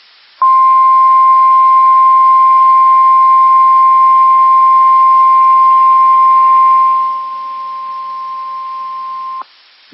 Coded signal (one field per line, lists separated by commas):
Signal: Emergency Alert System (SAME) tones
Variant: 1050 Hz attention tone